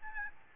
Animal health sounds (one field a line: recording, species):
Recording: mosquito wingbeat signal from an infrared sensor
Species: Aedes albopictus